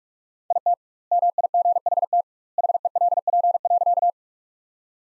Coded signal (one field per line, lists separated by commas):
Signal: Morse code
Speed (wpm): 43 wpm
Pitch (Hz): 700 Hz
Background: none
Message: IT MIGHT HELP.